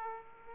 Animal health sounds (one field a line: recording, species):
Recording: mosquito wingbeat signal from an infrared sensor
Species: Aedes aegypti